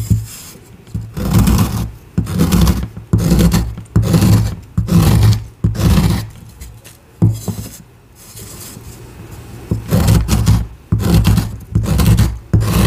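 Gym chalk being carved, a dry, crumbly scraping that comes in bursts roughly every half second to second, with short gaps between strokes. Around eight seconds the strokes soften into a quieter rubbing before the firmer, crisper scrapes return.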